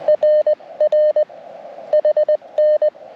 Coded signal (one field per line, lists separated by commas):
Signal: Morse code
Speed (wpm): 20 wpm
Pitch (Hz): 610 Hz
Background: radio noise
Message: RR HN